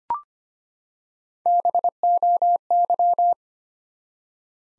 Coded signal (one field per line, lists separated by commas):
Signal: Morse code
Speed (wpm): 25 wpm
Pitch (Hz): 700 Hz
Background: none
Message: BOY